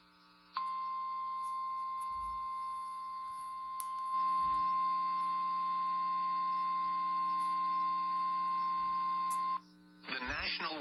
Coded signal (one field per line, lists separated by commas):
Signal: Emergency Alert System (SAME) tones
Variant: 1050 Hz attention tone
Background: speech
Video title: Eas svr Eas#699